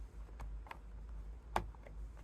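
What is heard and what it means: A plastic rear side marker lamp housing on a 2015–2024 Nissan Murano is put in position in the rear bumper opening and pushed to clip it in. A few faint ticks are heard before one sharp click at 1.6 s, then more faint ticks. The housing is seated in the bumper.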